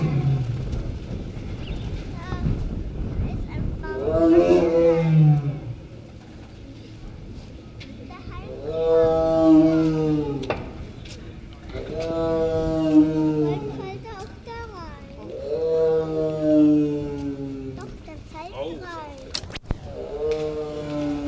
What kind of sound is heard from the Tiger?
call